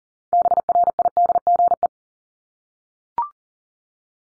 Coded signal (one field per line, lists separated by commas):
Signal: Morse code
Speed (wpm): 40 wpm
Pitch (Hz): 700 Hz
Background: none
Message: BRIDGE